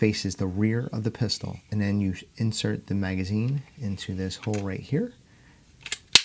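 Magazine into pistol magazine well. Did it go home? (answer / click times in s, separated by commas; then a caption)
yes / 6.1 s. Someone talks while a magazine is pushed up into the magazine well in the grip of a ZEV Z320 pistol (a newer SIG P320 XCompact) after reassembly and a function check. Two faint taps at about 5.9 s lead into a loud, sharp click at 6.2 s as the catch locks the magazine in place, seating it.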